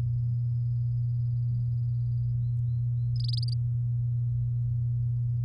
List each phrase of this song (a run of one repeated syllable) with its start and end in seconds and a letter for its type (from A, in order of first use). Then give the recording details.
3.16-3.54 A. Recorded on 7 May 2018 at 16:02. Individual llb16